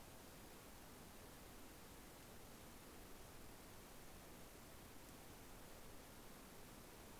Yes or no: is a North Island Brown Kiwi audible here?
no